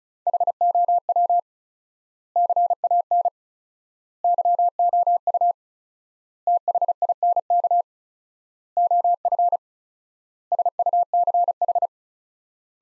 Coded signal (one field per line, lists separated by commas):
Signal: Morse code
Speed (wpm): 36 wpm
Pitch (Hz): 700 Hz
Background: none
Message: HOW CAN YOU THINK OF SUCH